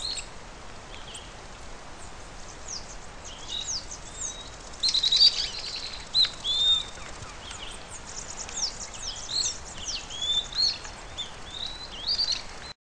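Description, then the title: Bird song, faint high twitters at first, then brighter clear whistled notes and chirps in short phrases. "LuckyPassaro Completos2Sama"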